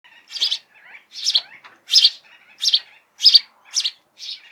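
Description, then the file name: House sparrow calls, a series of emphatic chirps with softer chattering notes between them. "Passer domesticus"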